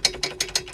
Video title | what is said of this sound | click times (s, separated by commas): Woodturning: Turncrafter Commander 12 VS Lathe Review | turn clockwise until it locks in place and then | 0.0 s, 0.2 s, 0.4 s, 0.6 s, 0.7 s